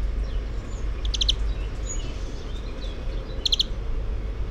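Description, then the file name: European greenfinch calls: two short, rapid bursts of three or four chirpy notes, about two seconds apart, against a constant low rumble. "Chloris chloris"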